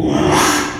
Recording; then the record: squeal of a Yucatan mini pig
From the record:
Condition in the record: after surgery on the right vocal fold (resection and tissue-engineered implant); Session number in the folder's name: 3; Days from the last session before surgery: 33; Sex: male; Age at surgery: 12 weeks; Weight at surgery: 13 kg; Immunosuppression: cyclosporine, prednisolone